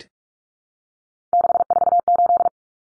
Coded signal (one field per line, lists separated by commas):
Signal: Morse code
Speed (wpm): 44 wpm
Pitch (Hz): 700 Hz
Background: none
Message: 648